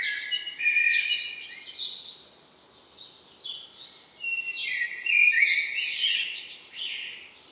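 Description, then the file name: Common blackbird singing several warbled phrases that end in thin, squeaky twitters, with short pauses between and a steady hiss behind. "Turdus merula"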